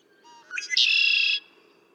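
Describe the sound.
One red-winged blackbird song, short rising notes then a strong, grating buzzy trill that stops abruptly.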